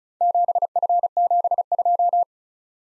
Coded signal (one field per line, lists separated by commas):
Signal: Morse code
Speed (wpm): 36 wpm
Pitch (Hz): 700 Hz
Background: none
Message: 7F72